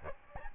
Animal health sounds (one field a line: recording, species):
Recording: mosquito wingbeat signal from an infrared sensor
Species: Aedes albopictus